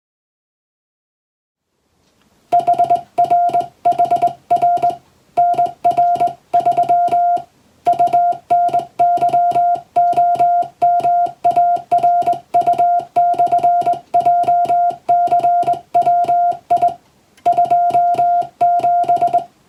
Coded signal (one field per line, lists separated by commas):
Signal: Morse code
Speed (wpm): 20 wpm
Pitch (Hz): 700 Hz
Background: music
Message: HRHR NR3 UNYOMARU/JCWI 27